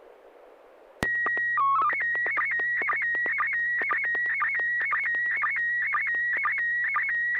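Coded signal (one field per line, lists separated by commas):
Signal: SSTV (slow-scan television)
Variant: PD 120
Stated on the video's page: Weekly SSTV net on an FM repeater, 441.300 MHz, Wednesday evenings; pictures sent with MMSSTV software.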